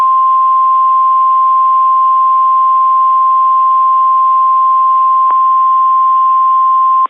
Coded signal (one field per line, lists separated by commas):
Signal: Emergency Alert System (SAME) tones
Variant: 1050 Hz attention tone